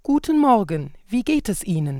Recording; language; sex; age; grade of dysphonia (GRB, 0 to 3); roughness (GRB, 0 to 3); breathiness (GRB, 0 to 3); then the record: spoken sentence; German; female; 30 to 39 years; 2; 0; 0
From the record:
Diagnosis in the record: hyperfunctional dysphonia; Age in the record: 39 years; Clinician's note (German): Ausgebildete Gesangsstimme